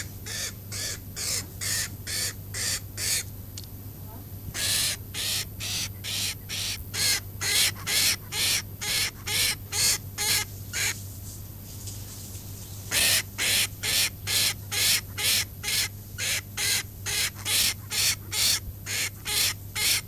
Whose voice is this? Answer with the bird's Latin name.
Phalcoboenus megalopterus